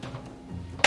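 A rechargeable battery is pushed firmly into its charger slot, needing a forceful shove because it had not clicked in before. Low rustling and handling noise is followed by a sharp, loud click at 0.8 s as the battery seats in the charger.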